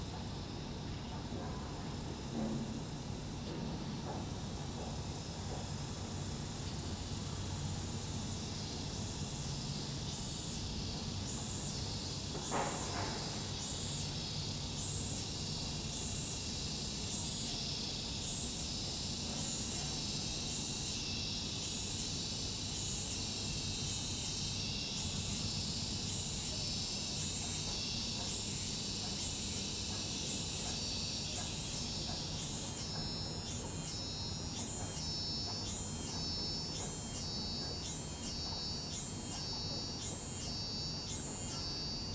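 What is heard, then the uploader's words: Cicadas fill the air with a high, hissing drone that settles into a fast, regular pulsing from about ten seconds on, growing crisper toward the end. Beneath it runs a steady low rumble like traffic, with a brief clatter near twelve seconds. Guanghou Cicadas by Essa Lucienne.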